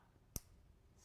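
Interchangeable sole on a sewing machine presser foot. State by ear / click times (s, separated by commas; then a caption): seated / 0.4 s. A replacement sole is lined up and slid onto a free-motion presser foot on a sewing machine. A single sharp plastic click sounds at 0.4 s against a quiet background as the sole snaps and locks into place, seated.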